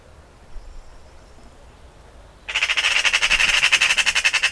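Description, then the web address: Eurasian Magpie giving a loud, grating chatter that starts abruptly after a quiet stretch and runs on as a fast, even rattle of clipped notes until the end. "Ocells Cultura Urraca común"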